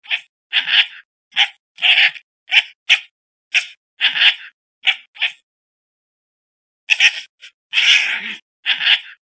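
Fox giving a series of short, harsh, hoarse barks, some in quick pairs, with a pause of about a second and a half before several more follow.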